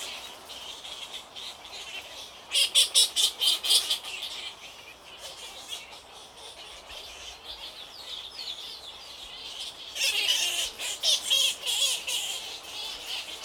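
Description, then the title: Bats chattering in a dense colony, high squeaky calls in two loud pulsing bursts near three and eleven seconds over a constant hiss of softer squeaks. Many bats, Île Napoléon, Lake Kivu, Rwanda. "Ile Napoléon, lac Kivu, Rwanda - bats bats bats"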